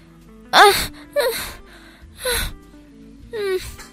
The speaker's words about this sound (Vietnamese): bất chợt trên sân nhỏ truyền ra tiếng thở phì phò.